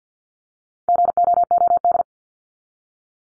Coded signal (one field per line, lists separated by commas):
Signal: Morse code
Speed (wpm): 48 wpm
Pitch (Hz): 700 Hz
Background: none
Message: GOOD